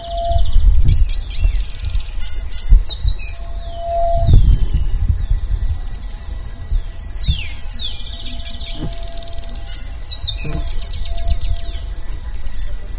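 Bird pouring out a long, varied song of high trills, downslurred whistles and chattering notes, with a low rumble and occasional thumps behind it.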